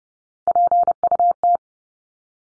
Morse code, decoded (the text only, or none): PUT